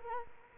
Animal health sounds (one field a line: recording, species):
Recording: mosquito wingbeat signal from an infrared sensor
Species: Culex quinquefasciatus